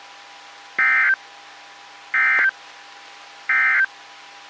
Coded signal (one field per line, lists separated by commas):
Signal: Emergency Alert System (SAME) tones